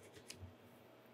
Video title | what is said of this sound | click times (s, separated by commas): Project ARchi3 Episode 27 - J3 Motor Encoder | you push it all the way down you're like chunk into place and now that's snapped | 0.3 s